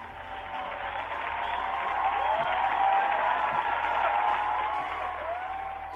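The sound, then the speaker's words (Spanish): A sustained burst of crowd applause, a dense wash of clapping that swells toward the middle and fades slightly at the end, with no voices over it. “Le vamos a dar un aplauso, porque la gente que nos escucha del laburo es la que más atención nos presta, así que se merece un aplauso.”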